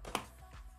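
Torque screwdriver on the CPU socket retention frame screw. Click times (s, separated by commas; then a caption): 0.2 s. The included torque driver tightens a retention screw on the frame of a Threadripper TR4 CPU socket. A short, sharp click at 0.2 s shows the wrench has reached its torque setting and the screw is fully tightened.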